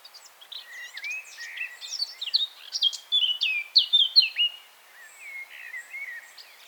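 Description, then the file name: Eurasian blackcap song: chattering, scratchy warbling swells into louder, clear fluty phrases midway, then fades back into soft twittering. "Sylvia atricapilla"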